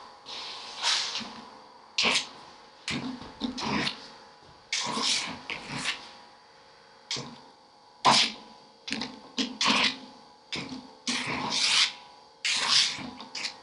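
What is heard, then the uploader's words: A kinetic drawing apparatus scratches and rubs in short rasping bursts, each lasting under a second, arriving irregularly about every second or so with brief gaps between. The strokes are bright and gritty. Beneath them runs a faint, steady mechanical hum. The soundscapes are constructed from recordings of simple autonomous kinetic drawing apparatus that were set up and left to operate for extended periods of time without intervention. Each apparatus is a unique combination of modified turntable, found objects, rods, cables, and pens, in an assemblage suspended from a camera tripod.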